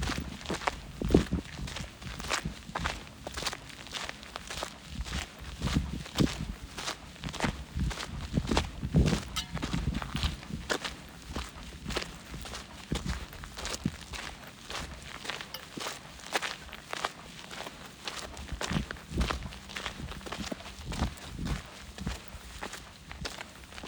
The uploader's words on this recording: Hiking in the McDowell Mountains in Phoenix, Arizona. There were a lot of other people out this day, enjoying time with family on a hike or bike ride. Walking on rocks.